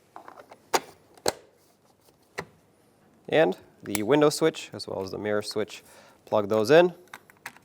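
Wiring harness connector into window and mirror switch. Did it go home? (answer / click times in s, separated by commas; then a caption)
no / none. Wiring harness connectors are handled at the window switch and mirror switch of the door panel on a 2013–2020 Nissan Pathfinder, during replacement of the left front window regulator. A few sharp plastic taps and knocks are heard around 0.8, 1.3 and 2.4 seconds, then someone talks, with a few faint ticks at the end. Nothing has seated or clicked into place yet.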